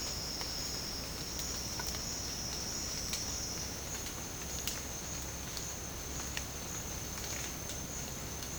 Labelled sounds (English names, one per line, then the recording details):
none
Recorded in secondary vegetation near Puerto Asís, Putumayo, Colombia, on 21 March 2025 at 13:30
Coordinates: 0.485, -76.322
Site G040